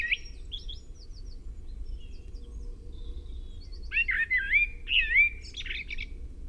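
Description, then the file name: Common blackbird singing varied warbled, fluty phrases that slide up and down, ending in faint high twitters, with a steady low hum underneath. "Turdus merula"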